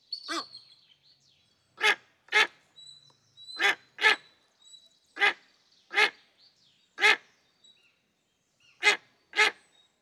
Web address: Soundmind - Predatory Birds. Duet Bald Eagle Tawny Eagle - Calls, Squawk Cry